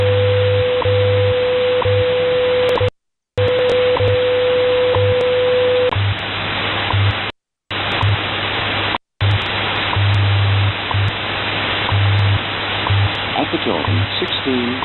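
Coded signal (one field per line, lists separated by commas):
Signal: radio time signal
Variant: WWV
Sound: hissy static with a tick each second, steady mid tone for six seconds, low hum pulses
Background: radio static, signal dropouts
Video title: 17 04 2014 WWV Fort Collins, Colorado 1105 on 25 MHz via SDR in MidState, NY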